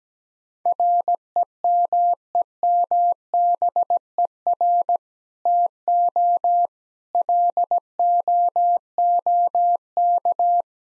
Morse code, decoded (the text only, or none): REMEMBER TO LOOK